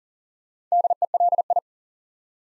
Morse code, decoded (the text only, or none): DELI